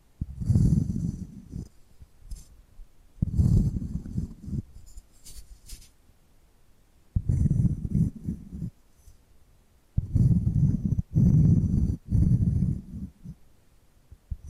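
Scratching and tapping come in rough bursts of a second or two, low and scuffing with a thin hiss above, separated by short quiet gaps.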